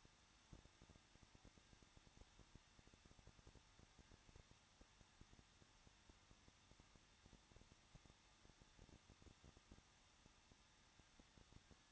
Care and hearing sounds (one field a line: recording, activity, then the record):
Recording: daily activity, microphone in the room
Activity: no activity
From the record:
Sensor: 3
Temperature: 21.2 degrees Celsius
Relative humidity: 36.3%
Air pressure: 1006.3 hPa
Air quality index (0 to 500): 221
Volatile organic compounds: 40 ppm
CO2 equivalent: 3155 ppm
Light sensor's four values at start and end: 2/3/2/2 and 2/3/2/2